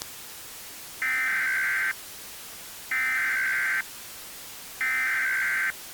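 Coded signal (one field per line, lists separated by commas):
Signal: Emergency Alert System (SAME) tones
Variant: header bursts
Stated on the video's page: Mock flash flood warning, not a real broadcast, using valid tones.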